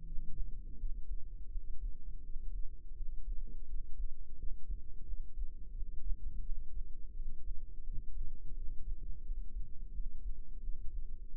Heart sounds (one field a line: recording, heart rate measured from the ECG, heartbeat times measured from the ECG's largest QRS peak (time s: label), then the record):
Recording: heart sounds by microphone in the left ear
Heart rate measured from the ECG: 85 bpm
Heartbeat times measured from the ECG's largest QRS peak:
0.03 s: heartbeat
0.76 s: heartbeat
1.48 s: heartbeat
2.21 s: heartbeat
2.93 s: heartbeat
3.65 s: heartbeat
4.36 s: heartbeat
5.05 s: heartbeat
5.73 s: heartbeat
6.43 s: heartbeat
7.13 s: heartbeat
7.83 s: heartbeat
8.53 s: heartbeat
9.22 s: heartbeat
9.91 s: heartbeat
10.60 s: heartbeat
11.31 s: heartbeat
From the record:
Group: healthy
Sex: female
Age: 51 years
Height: 162 cm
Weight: 70.04 kg